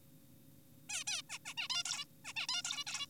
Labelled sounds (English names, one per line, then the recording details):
Zebra Finch
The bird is an adult
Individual g4p5U